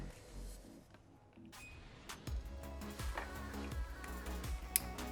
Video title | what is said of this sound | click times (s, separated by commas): AlphaRex Tacoma TRD Style LUXX Series LED Headlights Install & Review on 2019 Tacoma (3rd Gen) | make sure it clicks in so we're just gonna leave that for now | 4.8 s